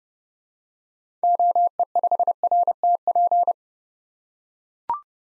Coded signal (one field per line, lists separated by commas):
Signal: Morse code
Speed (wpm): 30 wpm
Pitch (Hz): 700 Hz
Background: none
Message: OE5RTP